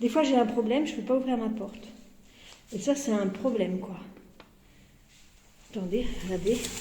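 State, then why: Not seated. A woman talks in three bursts while handling an apartment door lock, with a brief faint tick at 4.4 s between phrases. The door lock bolt in the door frame has not turned home or seated yet; the clip ends just before the first turn engages.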